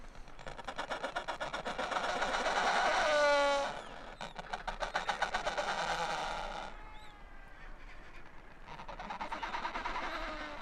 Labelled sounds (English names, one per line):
Adelie Penguin call